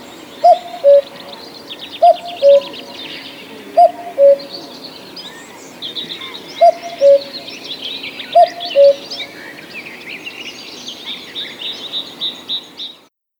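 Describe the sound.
Cuckoo giving its falling two-note cu-coo five times over about nine seconds, with other songbirds twittering and warbling higher throughout.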